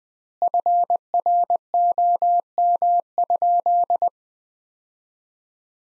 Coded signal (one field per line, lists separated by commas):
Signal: Morse code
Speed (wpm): 20 wpm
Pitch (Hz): 700 Hz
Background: none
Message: FROM?